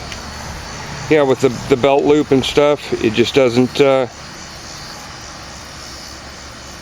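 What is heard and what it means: Someone talks over a steady background hum while the snap strap on a sword scabbard, meant to close around the sword's hilt by the belt loop, fails to snap on because the sword doesn't go all the way into the scabbard. Nothing has seated or clicked yet.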